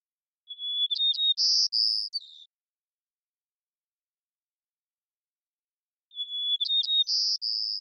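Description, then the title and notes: White-crowned sparrow song, two phrases separated by a pause, the second cut off at the end: each a sustained whistle, sharp notes, then buzzy trilled segments, the first ending lower; no other sounds. Long performance of repeated song in the Pacific Northwest, Washington, United States; parabolic microphone. "White-crowned Sparrow, Zonotrichia leucophrys, long performance with repeated song, parabolic recording. Recorded in the beautiful Pacific Northwest, Washington, United States"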